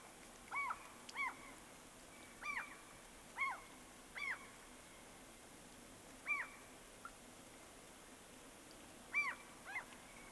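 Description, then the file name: Gulls giving short, harsh calls, singly and in quick pairs, scattered irregularly throughout over a steady low background hiss. A flock of seagulls passing. "Digiffects Sound Effects Library - Flock of Seagulls Passing"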